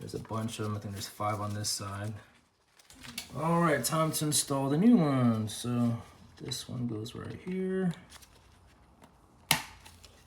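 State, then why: Seated. Someone talks while a new main control board for a GE refrigerator that was not working, showing blinking zeros and not cooling or dispensing water or ice, is pressed into its plastic retaining clips. A sharp snap at 9.5 s marks the board seating in the clips.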